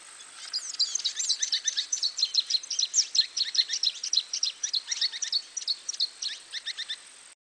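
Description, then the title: Long-tailed reed finch song: a long, hurried stream of high, sharp chattering and twittering notes that keeps going without a break for about seven seconds. "LuckyPassaro Completos2Sama. Long-tailed Reed Finch (Donacospiza albifrons)"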